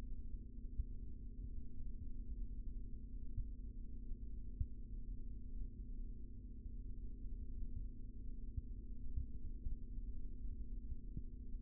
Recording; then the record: forearm muscle sounds (acoustic myography)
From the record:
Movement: rest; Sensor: system 3, bracelet of six PUI Audio POM-2738L microphones around the upper forearm, with dedicated amplification and filtering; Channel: 4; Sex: male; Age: 25 years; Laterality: right